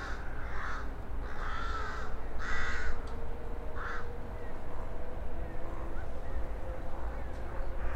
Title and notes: Gawrony nad Odrą Lokalizacja: Psie Pole Czas: , 17.30. Nagrane w Poblizu Kanału Miejskiego - na przeciw starego elewatora zbożowego. Gawrony, odległy sygnał pociągu , przejeżdżające rowery. Autor nagrania: Bartosz Grzyb